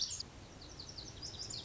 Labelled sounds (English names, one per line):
Lazuli Bunting